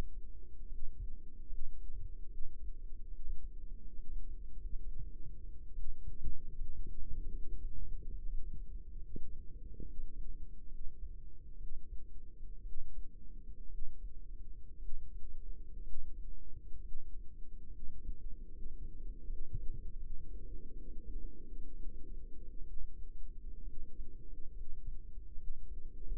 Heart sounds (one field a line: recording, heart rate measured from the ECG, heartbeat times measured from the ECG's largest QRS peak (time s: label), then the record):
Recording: heart sounds by microphone in the right ear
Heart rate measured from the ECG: 68 bpm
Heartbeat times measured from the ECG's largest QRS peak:
0.65 s: heartbeat
1.45 s: heartbeat
2.25 s: heartbeat
3.07 s: heartbeat
3.93 s: heartbeat
4.53 s: heartbeat
5.72 s: heartbeat
6.51 s: heartbeat
7.30 s: heartbeat
8.10 s: heartbeat
8.95 s: heartbeat
9.81 s: heartbeat
10.65 s: heartbeat
11.55 s: heartbeat
12.60 s: heartbeat
13.66 s: heartbeat
14.77 s: heartbeat
15.81 s: heartbeat
16.79 s: heartbeat
17.66 s: heartbeat
18.48 s: heartbeat
19.23 s: heartbeat
19.96 s: heartbeat
20.70 s: heartbeat
21.57 s: heartbeat
22.61 s: heartbeat
23.61 s: heartbeat
24.51 s: heartbeat
25.33 s: heartbeat
26.17 s: heartbeat
From the record:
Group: healthy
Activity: cold pressor test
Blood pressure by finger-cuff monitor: 147/90 mmHg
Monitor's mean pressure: 109 mmHg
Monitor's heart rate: 70 bpm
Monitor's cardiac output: 6.4 L/min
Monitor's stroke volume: 92 mL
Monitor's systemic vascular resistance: 1280 dyn s/cm5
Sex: female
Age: 22 years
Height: 171 cm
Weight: 65.6 kg